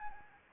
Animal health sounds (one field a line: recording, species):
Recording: mosquito wingbeat signal from an infrared sensor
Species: Anopheles arabiensis